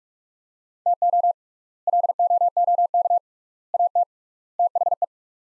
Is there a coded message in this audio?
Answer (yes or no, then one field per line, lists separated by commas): yes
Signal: Morse code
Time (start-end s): 0.9-5.0 s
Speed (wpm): 44 wpm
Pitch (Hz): 700 Hz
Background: none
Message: TO LOOK AT THE